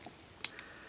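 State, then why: Seated. A plastic leg piece of a Mastermind Creations R-08 Azalea transforming robot toy is slid out of its channel and pushed into its joint, giving a sharp click at 0.45 s followed by a softer click at 0.59 s. The piece clicks and locks in place, confirmed seated.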